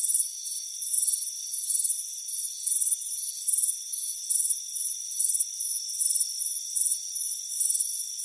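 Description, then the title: Crickets chirping in quick, high-pitched pulses, several per second, over a steady shrill background drone. Chirping crickets on a warm afternoon, heard from a front porch. "Soothing Crickets Chirping Sound"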